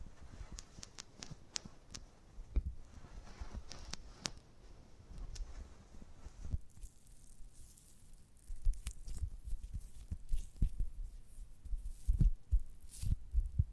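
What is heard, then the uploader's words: ASMR of a giant gummy bear: sticky clicks and soft squishes repeat irregularly over a low, muffled thumping. Around the middle the faint background hiss drops away, and from about eight seconds on the squelches and taps grow louder and heavier. ASMR of a Giant Gummy Bear (No Talking).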